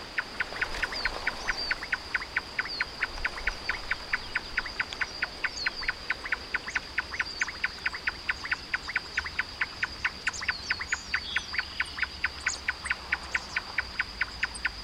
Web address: sound Marsh-tapaculo. صدای-پرنده-تپلک-ماندابی